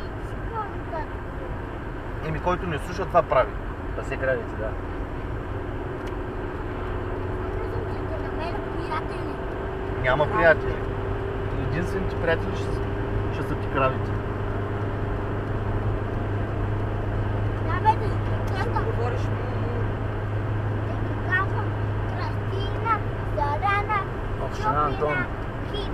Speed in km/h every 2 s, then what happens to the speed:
84, 83, 85, 88, 91, 93, 95, 96, 97, 98, 98, 96, 94.
0-15 speeds up to 97. 15-26 steady at about 97.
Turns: none.